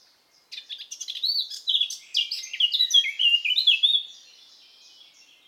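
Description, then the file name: Eurasian blackcap singing one energetic phrase of chattering notes that turns into loud, pure fluting whistles, followed by quiet. "Sylvia atricapilla"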